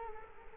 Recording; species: mosquito wingbeat signal from an infrared sensor; Culex quinquefasciatus